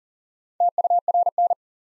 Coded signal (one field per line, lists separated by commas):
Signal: Morse code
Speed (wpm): 40 wpm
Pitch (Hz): 700 Hz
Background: none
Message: TURN